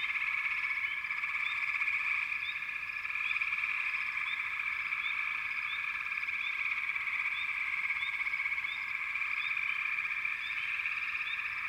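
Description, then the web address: Chorus of frogs: a steady dense trill and a series of brief rising chirps. "Sleep Sounds of Nature FROGS Frog Chourus"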